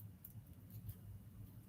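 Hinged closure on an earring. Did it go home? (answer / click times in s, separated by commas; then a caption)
no / none. A hinged earring closure is snapped shut and stays closed, but it has not clicked. Only a low background hum is heard, with a faint tick near 0.3 s and a sharp, loud burst at the very end around 1.8 s.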